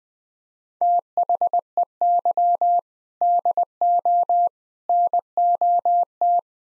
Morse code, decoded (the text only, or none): THEY DO NOT